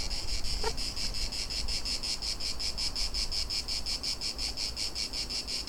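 Cicadas giving a shrill, rhythmically pulsing buzz, with a brief faint click early on.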